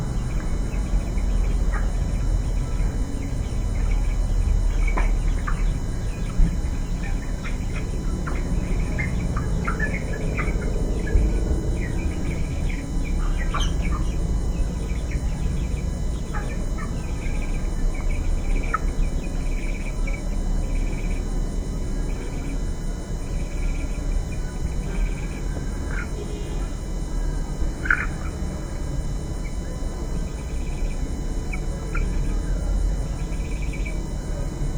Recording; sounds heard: poultry house recording; healthy chickens